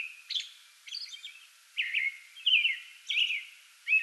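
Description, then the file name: American robin singing a few clear whistled phrases interspersed with high squeaky notes, separated by short gaps. Singing before dawn from a small tree in a front yard, 8 May 2022. "2022-05-08 American Robin pre-dawn singing from small tree in front yard"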